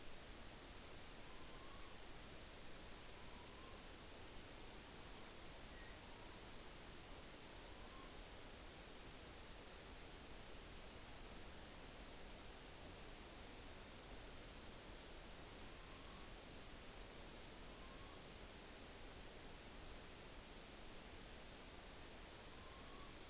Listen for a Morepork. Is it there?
yes